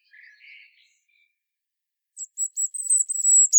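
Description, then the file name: European robin song: a short, quiet low warble, silence, then a rapid run of very high, thin trilled notes building in loudness. "Erithacus rubecula"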